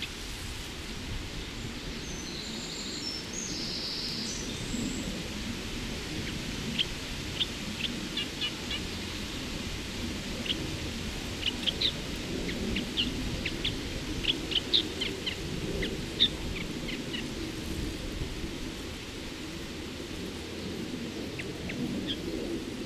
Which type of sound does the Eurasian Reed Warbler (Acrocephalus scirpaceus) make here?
song